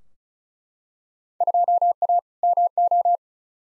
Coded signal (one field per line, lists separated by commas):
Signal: Morse code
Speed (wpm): 34 wpm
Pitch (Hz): 700 Hz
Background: none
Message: 2A MO